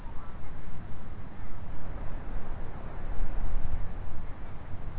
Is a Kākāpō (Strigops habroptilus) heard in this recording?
no